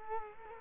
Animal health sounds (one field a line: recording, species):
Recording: mosquito wingbeat signal from an infrared sensor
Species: Culex quinquefasciatus